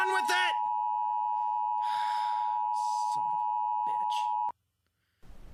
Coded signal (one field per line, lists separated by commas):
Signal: Emergency Alert System (SAME) tones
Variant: 853 and 960 Hz attention tone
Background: speech